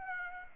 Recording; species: mosquito wingbeat signal from an infrared sensor; Aedes aegypti